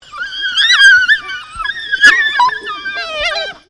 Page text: Animal African Wild Dog Yelping. Wild Dogs in a zoo habitat